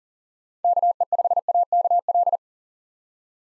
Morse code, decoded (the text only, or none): KE5AKL